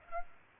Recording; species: mosquito wingbeat signal from an infrared sensor; Culex pipiens